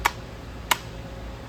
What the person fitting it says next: snaps right in